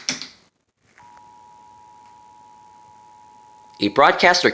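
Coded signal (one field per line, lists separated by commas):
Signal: Emergency Alert System (SAME) tones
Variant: 853 and 960 Hz attention tone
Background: speech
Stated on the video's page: Required Monthly Test received from three TV stations; one station's EAS failed.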